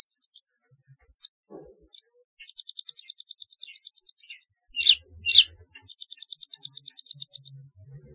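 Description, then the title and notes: Sunbird chirps in fast, high trilled runs lasting about two seconds, separated by single sharp notes and brief silences. "Kicau Burung Kolibri"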